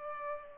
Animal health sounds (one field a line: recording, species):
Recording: mosquito wingbeat signal from an infrared sensor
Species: Culex pipiens